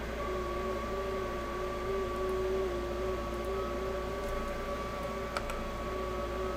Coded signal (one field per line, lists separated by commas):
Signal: FT8